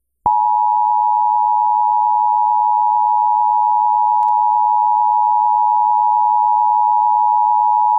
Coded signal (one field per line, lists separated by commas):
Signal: Emergency Alert System (SAME) tones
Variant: 853 and 960 Hz attention tone